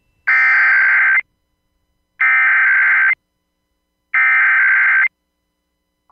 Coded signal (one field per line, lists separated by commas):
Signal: Emergency Alert System (SAME) tones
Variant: header bursts